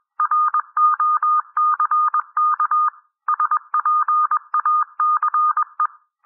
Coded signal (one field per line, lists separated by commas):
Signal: Morse code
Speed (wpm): 21 wpm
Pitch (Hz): 1220 Hz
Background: none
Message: ROCK SPACE